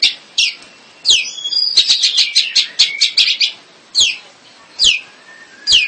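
Bird song: sharp downslurred whistles, a fast run of repeated chirps, then single downslurred notes every second or so.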